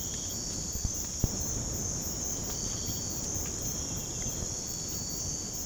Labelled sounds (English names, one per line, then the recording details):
none
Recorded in pastures near Puerto Asís, Putumayo, Colombia, on 19 March 2025 at 03:30
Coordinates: 0.505, -76.324
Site GP08